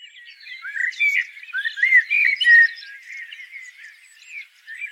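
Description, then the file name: Common blackbird giving mellow warbled notes that rise and fall, with bursts of louder fluty phrases and thin high twitters mixed in. "Turdus merula"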